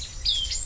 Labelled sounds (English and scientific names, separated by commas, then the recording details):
Stitchbird (Notiomystis cincta) song
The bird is a male
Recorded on Tiritiri Matangi Island, New Zealand, in 2005
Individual 19, of nest box 27